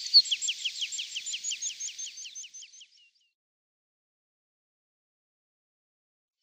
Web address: Schulze Peter Meadow Pipit song